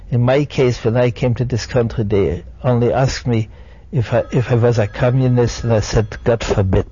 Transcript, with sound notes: In my case, when I came to this country they only asked me if (phone rings in background) I was a Communist, and I said, "God forbid."